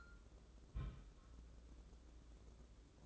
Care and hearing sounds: daily activity, microphone in the room; place on stove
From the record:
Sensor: 3

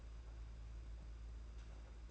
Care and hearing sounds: daily activity, microphone in the room; take from stove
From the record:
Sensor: 2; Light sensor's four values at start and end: 18/58/22/21 and 18/58/22/21

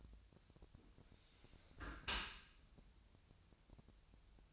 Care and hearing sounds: daily activity, microphone in the room; close dishwasher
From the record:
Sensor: 2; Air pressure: 1006.6 hPa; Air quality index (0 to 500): 202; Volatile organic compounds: 14 ppm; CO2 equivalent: 2471 ppm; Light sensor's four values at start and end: 9/22/9/9 and 9/22/9/9

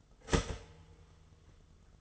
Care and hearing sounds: daily activity, microphone in the room; start toaster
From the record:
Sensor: 4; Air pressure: 1015.5 hPa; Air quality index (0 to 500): 198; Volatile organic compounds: 10 ppm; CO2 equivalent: 2215 ppm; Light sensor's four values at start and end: 4/9/3/3 and 4/8/3/3

